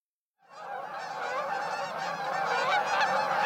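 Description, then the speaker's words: Canada Goose flock honking, a dense chorus of overlapping honks from many birds, continuous and slowly swelling louder. Migrating flock flying high overhead in V-formation in early autumn, returning from nesting in Canada and Alaska. "The migrating Canada geese heard here are returning from nesting in Canada and Alaska."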